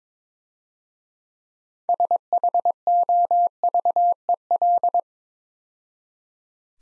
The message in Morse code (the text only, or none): SHOVEL